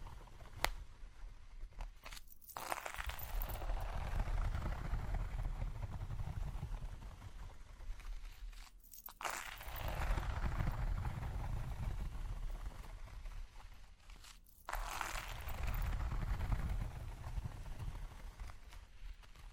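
Ear cleaning with dense scratching and rubbing that swells in long waves over a low rumble, breaking off briefly three times, with a sharp click early on.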